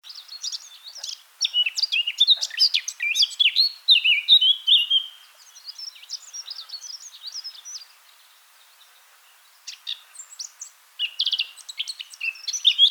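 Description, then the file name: Eurasian blackcap song with a rich, tumbling warble ending in clear fluty notes, followed by softer twittering and further warbled phrases toward the end. "Sylvia atricapilla"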